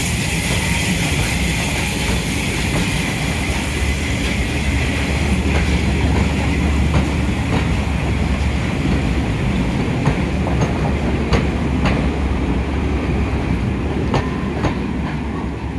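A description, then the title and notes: A steam locomotive pulls away with a heavy, steady low rumble and a constant bright hiss throughout. From about five seconds, sharp clanks and knocks from the wheels and coaches recur roughly every second, and the sound eases slightly near the end. 257 Squadron on the Spa Valley Railway. Bullied pacific with original air smoothed casing leaves Groombridge with a service to Tonbridge Wells.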